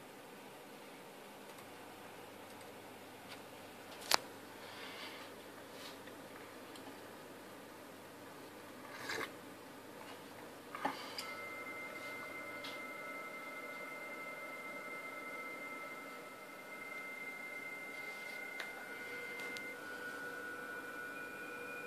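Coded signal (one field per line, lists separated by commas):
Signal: PSK31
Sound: room hiss and a few clicks, then two faint steady warbling tones for about nine seconds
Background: room noise, clicks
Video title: Psk 31 on 28.120 mhz 0.4 watts higher quality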